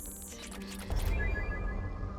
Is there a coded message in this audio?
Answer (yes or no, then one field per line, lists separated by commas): no